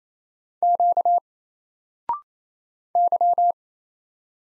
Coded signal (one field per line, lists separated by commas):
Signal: Morse code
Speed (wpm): 28 wpm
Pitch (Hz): 700 Hz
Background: none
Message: Q Y